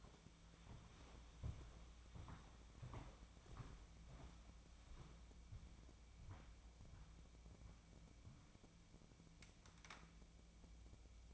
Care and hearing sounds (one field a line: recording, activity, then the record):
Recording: daily activity, microphone in the room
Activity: walk to room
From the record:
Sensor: 1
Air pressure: 1000.0 hPa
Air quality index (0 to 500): 130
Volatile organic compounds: 2 ppm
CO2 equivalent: 1230 ppm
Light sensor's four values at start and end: 34/84/35/43 and 35/87/37/46